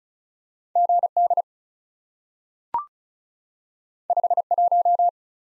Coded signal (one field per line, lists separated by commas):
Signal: Morse code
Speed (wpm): 36 wpm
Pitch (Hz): 700 Hz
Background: none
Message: G D 5 1